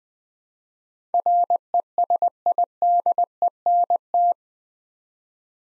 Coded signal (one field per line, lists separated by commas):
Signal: Morse code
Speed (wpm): 20 wpm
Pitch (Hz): 700 Hz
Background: none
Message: RESIDENT